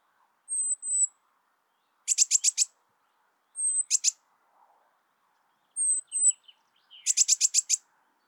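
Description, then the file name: Eurasian blue tit calling: three phrases a few seconds apart, each one or two thin, very high whistled notes followed by a rapid burst of two to six buzzy, stuttering notes. "Cyanistes caeruleus"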